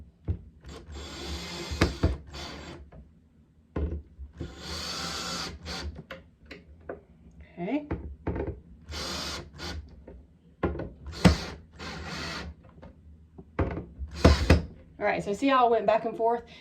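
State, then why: Stripped. A metal screw is driven by hand through a cabinet hinge into a wooden door, with the screwdriver worked back and forth in bursts of scraping and turning. Sharp clicks are heard at 10.6, 11.3, 13.6, 14.3 and 14.5 seconds as the screwdriver tip slips in the screw head, stripping it. Someone talks.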